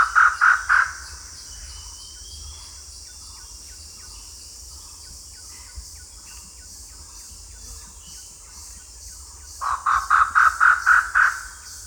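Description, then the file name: Grey peacock-pheasant: a few quick harsh notes, a long pause, then a fresh burst of several loud, evenly repeated notes. "Grey Peacock Pheasant Polyplectron bicalcaratum"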